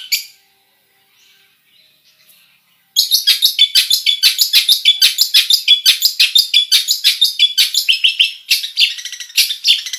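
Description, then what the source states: Long-tailed shrike song: near silence at first, then a sudden fast stream of sharp chips and whistles repeated several times per second. Full song with imitations, described as gacor.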